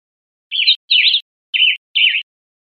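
Western tanager singing four burry, warbled phrases in two pairs separated by a brief gap, with nothing else audible.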